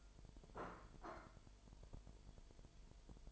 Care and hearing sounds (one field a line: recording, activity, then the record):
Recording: daily activity, microphone in the room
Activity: place plate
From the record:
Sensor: 5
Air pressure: 1002.1 hPa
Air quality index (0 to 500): 226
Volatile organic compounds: 29 ppm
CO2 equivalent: 2939 ppm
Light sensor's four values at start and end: 10/24/10/11 and 10/24/10/11